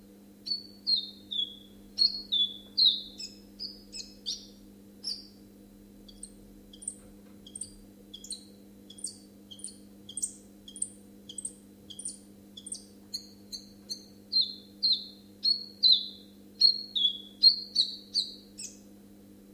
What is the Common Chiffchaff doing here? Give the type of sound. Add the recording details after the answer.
song. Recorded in captivity. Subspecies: collybita. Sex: male. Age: adult. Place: Zoologisches Institut Universität Tübingen, Baden-Württemberg, DE. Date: 1965-06-04. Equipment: Nagra III PH, kleiner englischer Parabolspiegel, LGS26. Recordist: Schneider, Hans-Joachim